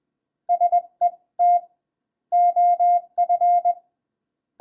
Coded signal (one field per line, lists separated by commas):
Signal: Morse code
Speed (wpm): 21 wpm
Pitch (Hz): 700 Hz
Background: none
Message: SET OF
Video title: CH-5030 Single-Lever Portable Morse Code Paddle